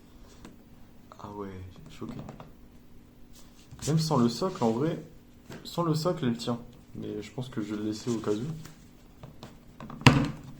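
A collectible plastic figure is pressed onto its display base with some force while someone talks. Soft handling ticks lead up to one sharp, loud snap at 10.1 s as the figure seats onto the base, since it needed a bit of forcing to fit.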